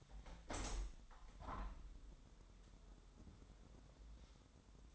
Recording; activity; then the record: daily activity, microphone in the room; open window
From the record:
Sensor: 3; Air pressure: 1006.5 hPa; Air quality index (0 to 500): 200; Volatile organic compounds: 16 ppm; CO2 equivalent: 2546 ppm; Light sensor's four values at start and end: 10/23/9/9 and 10/23/10/9